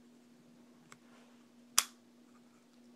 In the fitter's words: it clicks just like that